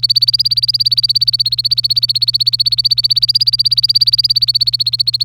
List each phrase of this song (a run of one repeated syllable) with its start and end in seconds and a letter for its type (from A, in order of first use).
0.00-5.25 A